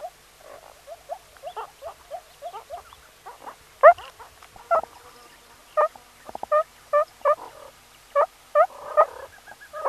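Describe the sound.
Meerkat chirping: soft short notes in an uneven stream, with occasional louder sharp calls standing out through the second half.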